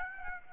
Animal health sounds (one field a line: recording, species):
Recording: mosquito wingbeat signal from an infrared sensor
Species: Aedes aegypti